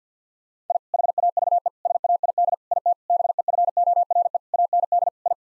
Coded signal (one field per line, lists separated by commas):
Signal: Morse code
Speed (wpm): 50 wpm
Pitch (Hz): 700 Hz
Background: none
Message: I HAVE SAID IT BEFORE AND I